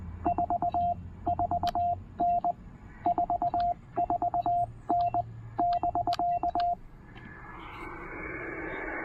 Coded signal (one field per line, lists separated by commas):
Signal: Morse code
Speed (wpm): 19 wpm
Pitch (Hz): 690 Hz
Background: radio noise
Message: 44N 44N <BK>